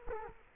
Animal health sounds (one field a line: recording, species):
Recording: mosquito wingbeat signal from an infrared sensor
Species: Culex quinquefasciatus